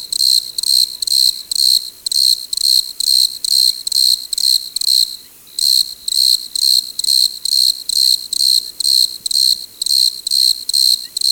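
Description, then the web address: Desert crickets trilling, bright pulsed bursts roughly twice per second, a short gap around five seconds before the chorus carries on evenly. "Dr Sound Effects. Chorus of Desert Crickets"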